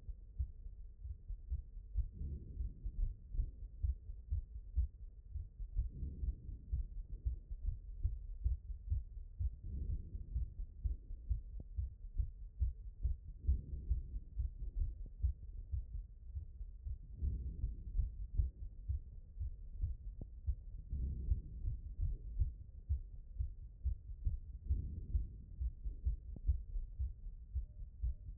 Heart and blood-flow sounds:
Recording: heart sounds by stethoscope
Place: mitral valve (MV)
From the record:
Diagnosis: non-HFrEF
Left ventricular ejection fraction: 43%

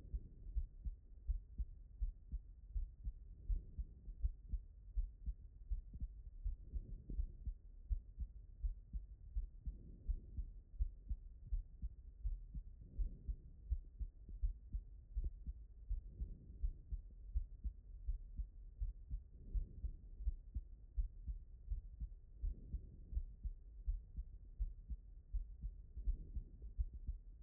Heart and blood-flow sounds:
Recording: heart sounds by stethoscope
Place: aortic valve (AV)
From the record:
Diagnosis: non-HFrEF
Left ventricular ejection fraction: 74%

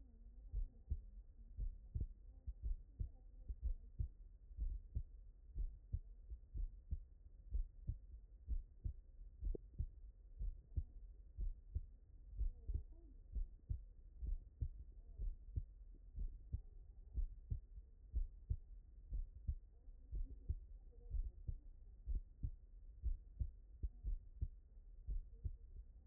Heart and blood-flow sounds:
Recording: heart sounds by stethoscope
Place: tricuspid valve (TV)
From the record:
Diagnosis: non-HFrEF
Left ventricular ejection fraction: 64%

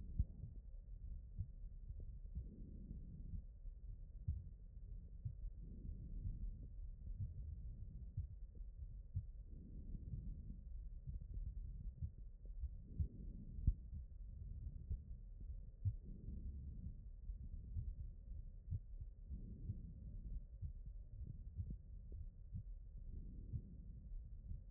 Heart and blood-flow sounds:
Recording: heart sounds by stethoscope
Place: aortic valve (AV)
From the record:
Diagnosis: non-HFrEF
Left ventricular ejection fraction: 57%

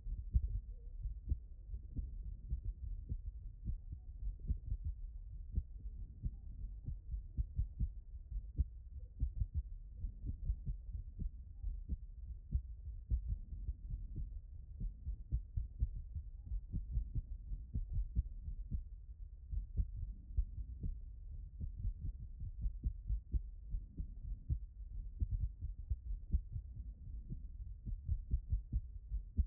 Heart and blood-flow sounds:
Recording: heart sounds by stethoscope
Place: pulmonary valve (PV)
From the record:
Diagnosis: HFrEF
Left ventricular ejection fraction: 23%

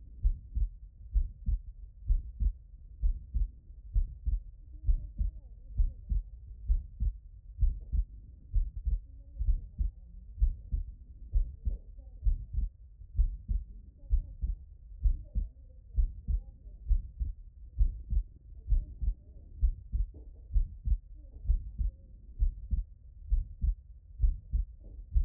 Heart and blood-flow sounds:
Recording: heart sounds by stethoscope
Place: tricuspid valve (TV)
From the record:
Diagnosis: non-HFrEF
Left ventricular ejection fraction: 59%

